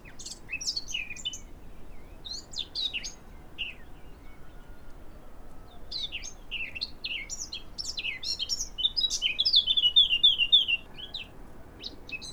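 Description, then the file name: Eurasian blackcap singing a busy, jumbled warble of scratchy and sweet notes, with a short run of clear fluty slurred notes near the end, and a soft hiss behind. "Sylvia atricapilla"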